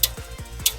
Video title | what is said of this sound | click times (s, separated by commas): The 26 lb Helium Folding Wheelchair That Fits in ANY Car Trunk! | and you'll hear those two clicks. That puts the handlebars into place. | 0.0 s, 0.7 s